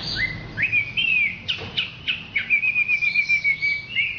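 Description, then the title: Orange-headed thrush song: clear rising whistles and sharp downward notes, then a fast, even trill held for over a second before a final whistle. "Anis Merah"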